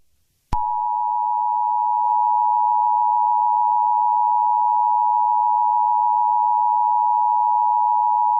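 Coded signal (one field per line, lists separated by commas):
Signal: Emergency Alert System (SAME) tones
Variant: 853 and 960 Hz attention tone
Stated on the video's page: Fictional EAS scenario based on a Roblox game; contains music.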